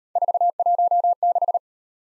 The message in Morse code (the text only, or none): 416